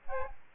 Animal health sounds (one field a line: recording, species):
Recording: mosquito wingbeat signal from an infrared sensor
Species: Aedes albopictus